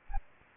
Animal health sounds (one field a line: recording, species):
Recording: mosquito wingbeat signal from an infrared sensor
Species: Aedes aegypti